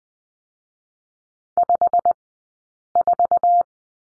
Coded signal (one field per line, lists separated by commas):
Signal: Morse code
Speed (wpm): 20 wpm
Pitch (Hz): 690 Hz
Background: none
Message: 54